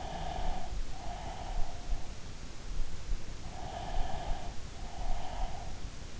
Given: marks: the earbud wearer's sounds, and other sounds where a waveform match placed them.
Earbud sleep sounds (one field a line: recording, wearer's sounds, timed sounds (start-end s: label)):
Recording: sounds in sleep by an in-ear microphone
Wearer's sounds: breath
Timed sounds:
0.07-2.26 s: breath
3.43-6.20 s: breath